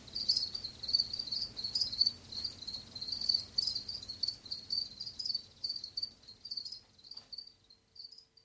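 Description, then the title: House cricket chirping: short, high, pulsed chirps repeated steadily over a low rumbling background. "Viikon luontoääni: Kotisirkka"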